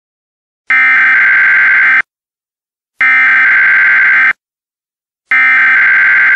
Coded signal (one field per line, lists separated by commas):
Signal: Emergency Alert System (SAME) tones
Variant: header bursts